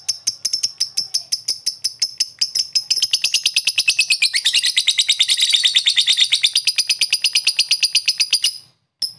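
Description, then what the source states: Lovebird chirping in a steady series that accelerates into a dense rattling chatter, then stops abruptly, followed by a single chirp. Lovebird giving long 'ngetik ngekek' chatter; a master recording (masteran) for training other birds.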